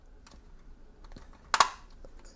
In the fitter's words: here we go I heard a click